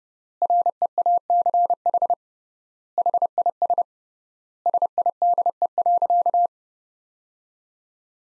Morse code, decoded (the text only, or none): REACH HIS SIDE.